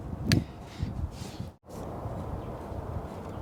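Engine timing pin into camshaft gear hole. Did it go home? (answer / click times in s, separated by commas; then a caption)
no / none. A plastic timing pin is pushed against the cam gear of a junkyard 12-Valve Cummins engine while the engine is rotated, waiting for it to pop into the gear's hole at top dead center of cylinder one. A sharp transient lands at 0.3 s over low rumbling and handling noise, with a brief near-silence around 1.6 s. The pin has not seated or clicked into the hole yet.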